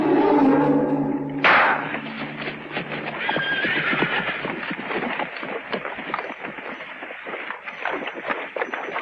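A horse whinnies loudly at the start, followed by a steady stream of hooves clip-clopping at a brisk, uneven rhythm as several horses move along.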